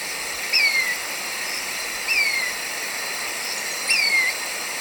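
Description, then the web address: Marañón spinetail call: a clear thin whistle slurring downward, given three times over a steady insect hum. Recorded in Ecuador. "Birds of Ecuador. Maranon Spinetail"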